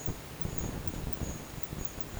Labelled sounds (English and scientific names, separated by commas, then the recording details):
none
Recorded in dense forest near Puerto Asís, Putumayo, Colombia, on 22 December 2024 at 11:30
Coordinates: 0.484, -76.317
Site G026